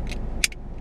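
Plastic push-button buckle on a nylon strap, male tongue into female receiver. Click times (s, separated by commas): 0.4 s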